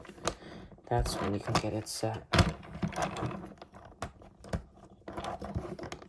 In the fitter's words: And sometimes you can have a hard time here, but when you click into place like that,